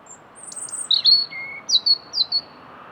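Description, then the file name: European robin song: a thin high whistle, then sweet warbled notes and a lower sustained tone, followed by two quick trilled flourishes. "Erithacus rubecula"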